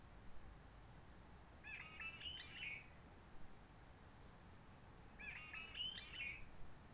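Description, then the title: Réunion bulbul song: two scratchy, warbling phrases a couple of seconds apart, over faint hiss. Roche Merveilleuse, Réunion; forest quiet since the 19 March 2020 lockdown, no hikers, microlights or helicopters; sunny blue sky; birds not very active; song simpler, short phrases, adapted to past aircraft noise. "Roche Merveilleuse, Réunion - Merle de lîle de la Réunion."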